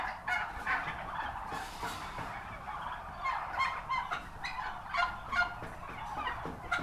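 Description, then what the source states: Turkey gobbles break out irregularly in short rattling bursts over continuous flock chatter. Recorded at a turkey farm.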